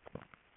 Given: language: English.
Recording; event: throat vibration sensor signal played as sound; swallow